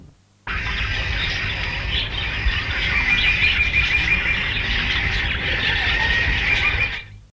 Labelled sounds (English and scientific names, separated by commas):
Cockatiel (Nymphicus hollandicus) call